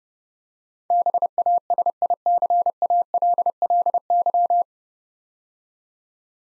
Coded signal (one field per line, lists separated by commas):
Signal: Morse code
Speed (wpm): 28 wpm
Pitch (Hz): 700 Hz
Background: none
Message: BASICALLY